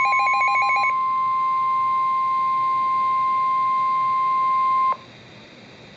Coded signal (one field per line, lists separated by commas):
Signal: Emergency Alert System (SAME) tones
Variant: 1050 Hz attention tone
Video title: Severe Thunderstorm Warning (EAS #512)